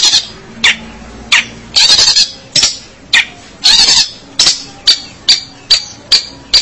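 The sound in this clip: Long-tailed shrike giving harsh, rasping notes, some single and some in short bursts, repeated roughly every half second.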